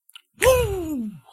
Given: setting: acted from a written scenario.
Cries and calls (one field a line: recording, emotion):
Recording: vocal sound without words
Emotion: triumph